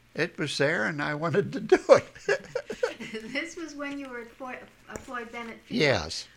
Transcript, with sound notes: it was there and I wanted to do it. ( they laugh )
This was when you were at Floyd Bennett Field.
Yes.